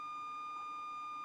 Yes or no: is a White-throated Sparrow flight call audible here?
no